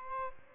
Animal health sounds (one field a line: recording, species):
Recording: mosquito wingbeat signal from an infrared sensor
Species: Aedes albopictus